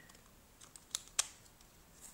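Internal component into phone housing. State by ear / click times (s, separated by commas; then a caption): not seated / none. An internal part is pushed toward its slot in the housing of a Cat S60 phone, producing only small tapping and handling sounds. Two sharper taps stand out near 0.9 and 1.2 seconds. The part does not go into its slot, and nothing has seated or clicked yet.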